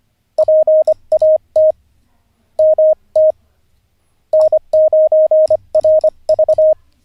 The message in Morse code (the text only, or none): PAT MT N9RV